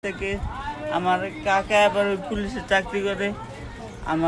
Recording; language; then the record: elicited speech; Bengali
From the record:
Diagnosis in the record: Broca's or global aphasia after a stroke